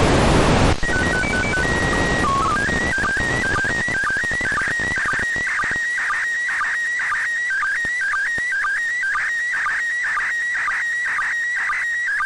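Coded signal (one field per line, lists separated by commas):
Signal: SSTV (slow-scan television)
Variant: PD 120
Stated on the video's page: SSTV image from the International Space Station on 145.800 MHz, received with an SDRplay RSPdx and a vertical antenna.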